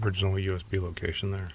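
A USB interface module in its plastic trim bezel is handled at the original USB opening in a Ford truck dash during a Sync 2 MFT to Sync 3 upgrade, while someone talks. Nothing has seated or clicked yet; the module only snaps in loosely, with little retention.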